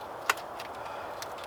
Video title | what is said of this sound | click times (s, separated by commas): Primitive Shelter Building With Logs and Leaves | yeah that's cheap is it and even got a click on lid now on the coat look | 0.3 s